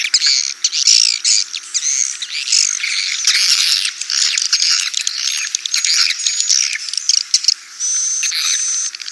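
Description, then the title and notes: Swiftlet calls: busy, high-pitched chattering chirps in short bursts, ending with a longer sustained whistled tone. Swiftlet sound used for swiftlet farming in Asia. "Swiflet Bird Sound. Farming Swiflet Bird asia sound"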